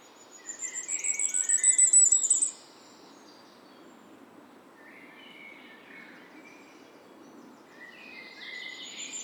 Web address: Firecrest